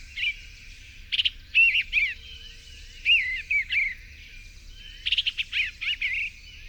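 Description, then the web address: Eastern bluebird singing soft warbles: clusters of quick slurred notes separated by short pauses. "Songs of Birds of North America Know Your Bird Sounds. Eastern Bluebird"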